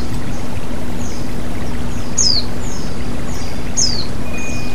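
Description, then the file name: White-eye calls: high, thin notes sliding sharply downward, two clear ones near the middle and end with fainter echoes between, over steady rushing water and a low constant hum. White-eye (pleci) with flowing water, bird therapy. "terapi air mengalir burung pleci"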